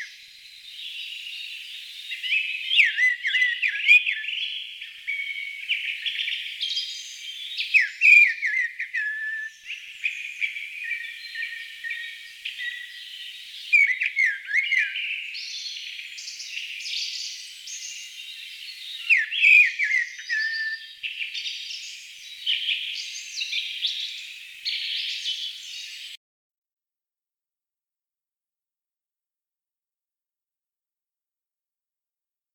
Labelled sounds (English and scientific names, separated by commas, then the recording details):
Mistle Thrush (Turdus viscivorus) song
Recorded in the wild
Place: Freiburg im Breisgau / Im Vogelsang, Baden-Württemberg, DE
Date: 1988-04-03
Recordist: Schwarz, Dieter